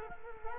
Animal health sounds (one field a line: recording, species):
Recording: mosquito wingbeat signal from an infrared sensor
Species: Culex quinquefasciatus